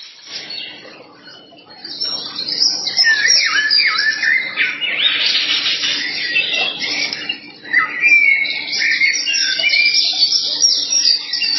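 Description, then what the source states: Birds singing, a quieter start building into a dense chorus of chirps, slurred whistles and trills from many birds, with a faint low hum beneath. Several birds singing in a forest in the evening.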